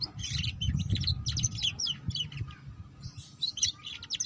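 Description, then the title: Canary song: quick, varied high chirps and rolling trills delivered nearly nonstop, pausing briefly before resuming, with low background noise. Belgian canary breed; recording used to warm up canaries and stimulate their singing, and as a lure for canaries learning the ngeriwik song style. "Canto Para Esquentar Canário Belga. Suara Kenari Belajar Bunyi Ngeriwik || Cocok Untuk Pancingan Kenari Ngeriwik"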